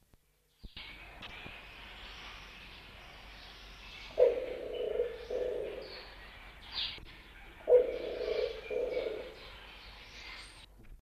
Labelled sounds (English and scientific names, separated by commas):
White-crowned Pigeon (Patagioenas leucocephala) call